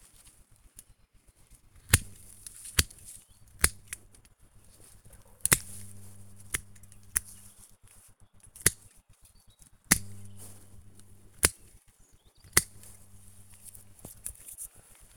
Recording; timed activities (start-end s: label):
household activities, microphone on the right wrist
0.00-15.17 s: cutting wood